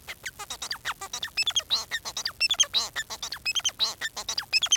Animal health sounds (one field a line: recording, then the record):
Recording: song of a male Bengalese finch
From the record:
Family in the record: son of father 4